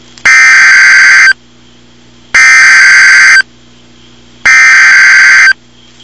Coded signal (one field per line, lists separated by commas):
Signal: Emergency Alert System (SAME) tones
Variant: header bursts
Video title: Real NOAA Weather Radio EAS Alerts #114 and #115